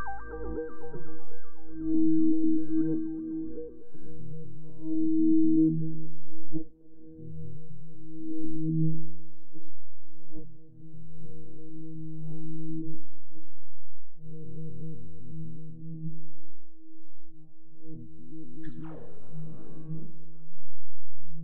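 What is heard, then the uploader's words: Minimal humming tones drone low and steady, a few pitches stacked and pulsing in slow swells that brighten around two and five seconds. Brief dips break the flow near seven and eleven seconds, and a short trippy sweeping noise rises near the end. Off, it goes cleaning, making minimal hums and trippy noises along the way! I was messing around with the sound generator, Skrewell in Reaktor. Transferred the recordings to my Logic Pro and experimented with reverb and delay to the sounds.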